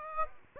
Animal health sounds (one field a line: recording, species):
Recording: mosquito wingbeat signal from an infrared sensor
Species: Aedes aegypti